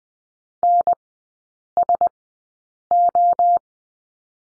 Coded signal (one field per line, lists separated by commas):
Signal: Morse code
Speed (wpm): 20 wpm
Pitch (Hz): 700 Hz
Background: none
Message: NSO